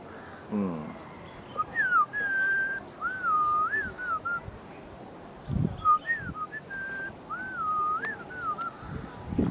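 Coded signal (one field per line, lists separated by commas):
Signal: whistled language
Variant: Diola (Jola)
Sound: clear melodic whistled phrases gliding between mid pitches, several short bursts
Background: outdoor ambience, low thumps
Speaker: je siffle elle va comprendre que je suis en train de la par exemple [Musique] HM alors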